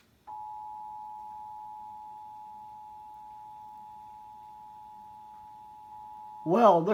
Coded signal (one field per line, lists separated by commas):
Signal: Emergency Alert System (SAME) tones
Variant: 853 and 960 Hz attention tone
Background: speech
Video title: COX pulls a weekly on DC Monthly night(EAS 1,226)